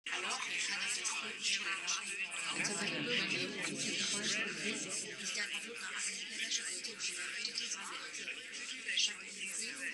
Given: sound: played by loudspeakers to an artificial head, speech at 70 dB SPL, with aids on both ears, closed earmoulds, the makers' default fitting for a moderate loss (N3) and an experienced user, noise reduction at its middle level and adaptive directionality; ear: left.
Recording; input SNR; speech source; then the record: speech test signal (ISTS) in cocktail-party noise; -3 dB; on the right (90 degrees)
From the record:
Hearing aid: class 1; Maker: J